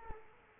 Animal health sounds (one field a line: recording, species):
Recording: mosquito wingbeat signal from an infrared sensor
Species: Aedes aegypti